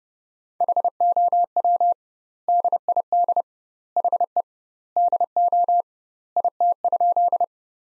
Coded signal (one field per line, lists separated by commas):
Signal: Morse code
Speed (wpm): 30 wpm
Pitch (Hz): 700 Hz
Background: none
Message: HOW DID HE DO IT?